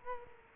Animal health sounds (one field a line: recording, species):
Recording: mosquito wingbeat signal from an infrared sensor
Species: Culex quinquefasciatus